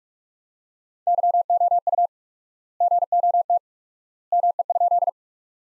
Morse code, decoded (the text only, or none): YOU GOT ME?